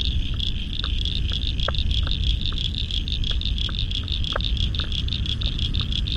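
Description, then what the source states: Many frogs calling together in a fast, even pulsing trill, with intermittent clicking notes and a powerful low rumble. Spring frog chorus at dusk beside the South Pacific Ocean, Royal National Park, Australia, November 2015.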